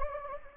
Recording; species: mosquito wingbeat signal from an infrared sensor; Anopheles gambiae